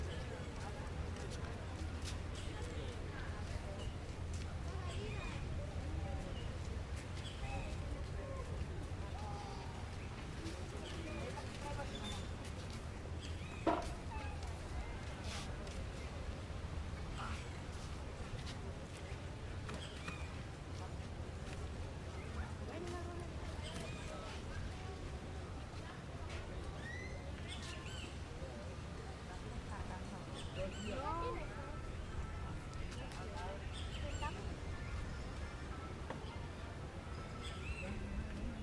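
Ocean waves roll in a steady low wash while people chat continuously, with occasional short bird chirps and a sharp click near fourteen seconds.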